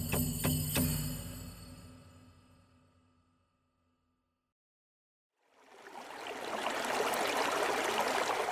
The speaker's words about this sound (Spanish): Si el río suena, es porque piedras trae.